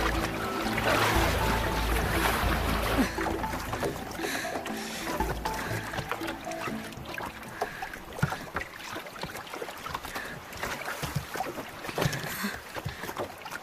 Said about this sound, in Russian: Хватается за край лодки. С трудом забирается в нее.